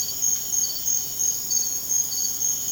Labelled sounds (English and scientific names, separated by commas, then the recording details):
none
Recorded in secondary vegetation near Puerto Asís, Putumayo, Colombia, on 30 June 2025 at 23:00
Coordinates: 0.500, -76.326
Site GP08